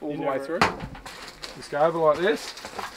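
A slide-out panel on a camper trailer is being pushed over toward its latch while a man talks, with a sharp knock near 0.6 s. The clip ends just before the part goes home, so nothing has seated or clicked yet.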